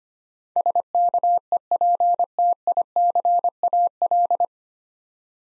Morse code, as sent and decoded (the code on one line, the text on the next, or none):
... -.- . .--. - .. -.-. .- .-..
SKEPTICAL